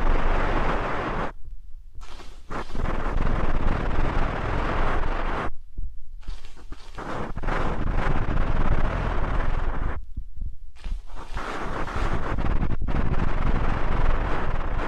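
Ear canal and eardrum cleaning sounds: a dense, continuous crackling scratch with a heavy rumbling low end, like something rubbing over the microphone. It breaks off briefly near 1.5, 6 and 10.5 seconds, leaving only a dull rumble, then resumes just as thick.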